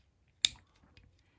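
The two plastic legs of a Legacy United Cannonball transforming robot toy are pegged together, with a leg peg pushed into the opposite leg's hole. One sharp, loud plastic snap at 0.5 s is followed by a few faint, quieter clicks. The legs are seated securely together.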